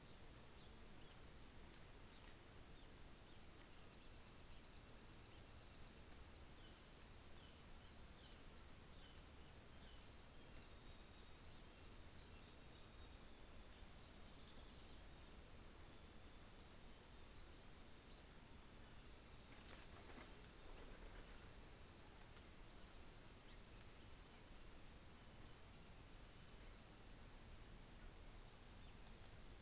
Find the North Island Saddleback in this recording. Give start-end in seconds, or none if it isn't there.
3.54-10.23, 10.69-13.13